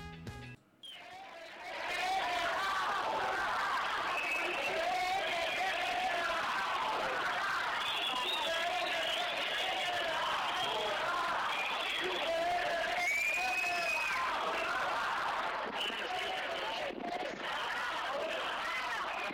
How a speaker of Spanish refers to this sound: porque se creó la manifestación que era dedicada a Barcina, vete ya directamente, y entonces podíamos encontrar dentro de lo que era la calle gritos, ¿no? O gente que coreaba lo siguiente.